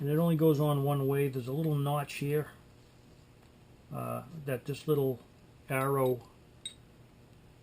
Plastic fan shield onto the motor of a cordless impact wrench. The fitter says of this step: of locks in place to hold it